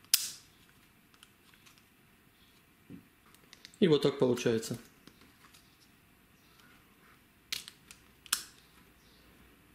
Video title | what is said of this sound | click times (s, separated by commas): Полезные инструменты для мастерской на 3д принтере! Flying Bear Ghost 5 новый помощник! | И вставляется вот сюда, до щелчка. | 0.1 s